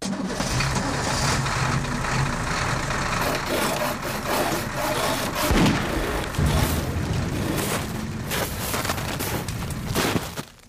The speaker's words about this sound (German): Der Lastwagen kletterte schwer keuchend auf den Pass des Jablonowi-Gebirges.